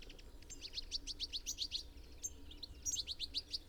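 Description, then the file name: European goldfinch calls: quick runs of bright, tinkling twitters, a fast burst of notes, a short pause, then a second twittering run. "Carduelis carduelis"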